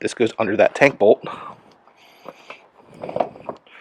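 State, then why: Seated. A custom bench seat on a Triumph Street Scrambler is slid under the tank bolt and pressed down into its frame lock while someone talks. After a few soft knocks, the seat's rear lock engages with a sharp click at 3.2 seconds, seating it in place.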